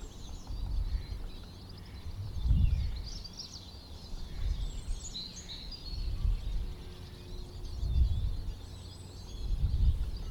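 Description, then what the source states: Birds twitter in bursts of high chirping, half-buried beneath rhythmic gusts of wind that rise and fall about every two seconds. Birds in St Albans, with wind.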